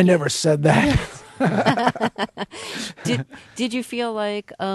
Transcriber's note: soundbite of laughter